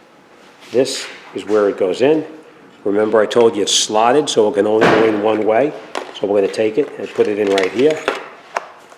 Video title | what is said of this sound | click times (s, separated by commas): Tool review for Gooloo Jump Starter Power Bank | you can push it all the way in, and it snaps in place just like that. | 8.6 s